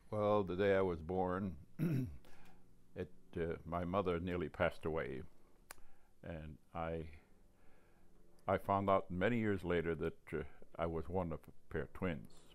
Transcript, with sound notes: Well, the day I was born, [clears throat] it — my mother nearly passed away and I — I found out many years later that I was one of a pair of twins.